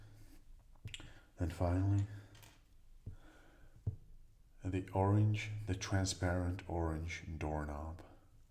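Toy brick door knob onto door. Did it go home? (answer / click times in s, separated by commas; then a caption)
no / none. Someone talks while handling a transparent orange plastic toy brick door knob that is about to be pressed onto a toy brick door, with faint handling ticks around 0.9 s and 3.9 s. The knob has not clicked onto the door yet, and nothing has seated.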